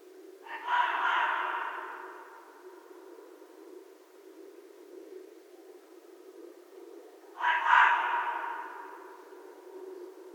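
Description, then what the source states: Red fox uttering two rasping screams about seven seconds apart, each loud at onset and trailing away, over a constant low hiss. Recorded 11 January 2012.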